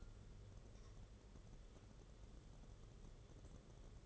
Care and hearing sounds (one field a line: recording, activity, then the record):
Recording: daily activity, microphone in the room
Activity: take from stove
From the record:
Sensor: 4